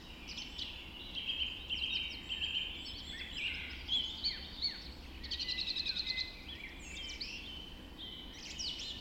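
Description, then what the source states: Birds singing in a chorus of overlapping whistles and chirps, with a quick trill partway through under a steady background hiss. Dawn chorus recorded just after dawn in the Forest of Dean.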